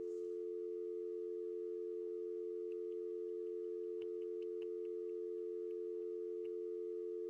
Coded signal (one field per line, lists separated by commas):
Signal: telephone call progress tone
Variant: North America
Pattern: dial tone